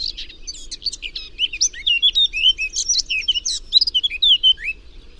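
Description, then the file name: Eurasian blackcap singing a fast, dense warble of scratchy twitters mixed with clear fluty notes, running continuously for about five seconds. "Sylvia atricapilla"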